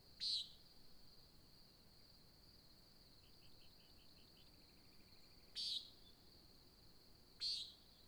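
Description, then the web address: Nighthawk peents, three sharp buzzy calls, while a faint rapid series of soft notes and a steady high insect drone sound between them. Nighthawk competition, Oregon desert, USA, at dawn, July 2017. "Discover Oregon - American Desert Birds Nighthawk 2017 Sutton July Dawn Nighthawk Competition"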